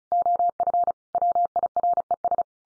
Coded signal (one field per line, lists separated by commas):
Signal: Morse code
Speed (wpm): 34 wpm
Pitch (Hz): 700 Hz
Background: none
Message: OF WIRES